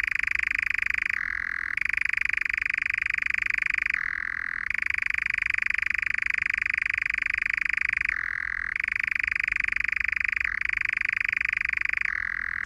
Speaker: That's the rising and falling continuous churring of the nightjar.